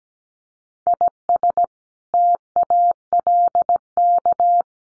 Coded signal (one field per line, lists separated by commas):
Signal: Morse code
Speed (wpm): 17 wpm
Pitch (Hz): 700 Hz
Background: none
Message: IS TALK